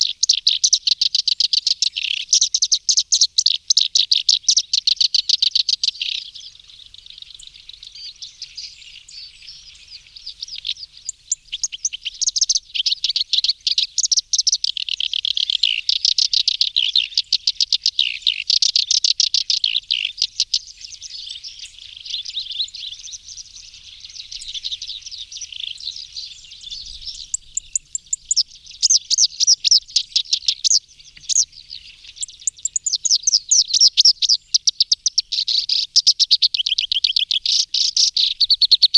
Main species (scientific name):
Acrocephalus bistrigiceps